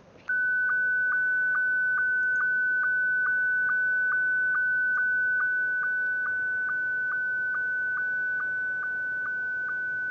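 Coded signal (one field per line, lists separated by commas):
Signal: SSTV (slow-scan television)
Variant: Scottie 1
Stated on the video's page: SSTV demonstration over ham radio, the same mode used for ISS image broadcasts.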